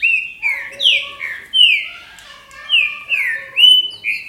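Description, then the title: Green-winged saltator giving rich, fluty whistles that slur downward, in a quick series. "Trinca Ferro"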